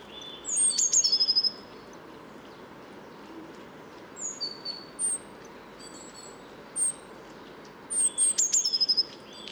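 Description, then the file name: Great tit calls: quick bursts of high thin notes at the start and end, sparser chirps between, over steady background hiss. "Parus major"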